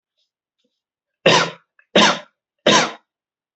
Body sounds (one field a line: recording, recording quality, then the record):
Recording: shallow voluntary cough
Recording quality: excellent, no background noise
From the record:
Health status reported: healthy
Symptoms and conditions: none ticked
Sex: male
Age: 25 years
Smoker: not ticked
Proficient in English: yes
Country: India